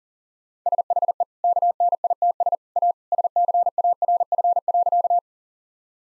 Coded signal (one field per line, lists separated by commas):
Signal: Morse code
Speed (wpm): 37 wpm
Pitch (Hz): 700 Hz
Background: none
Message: SHE KNITS A SCARF.